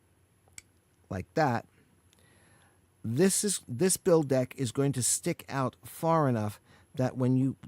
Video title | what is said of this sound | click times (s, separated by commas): MVP #43, The Aromamizer Supreme V-2 Review | get that notch that little notch there with that notch there lined up properly and clicked into place like that | 0.6 s